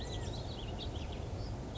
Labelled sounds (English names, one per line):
California Quail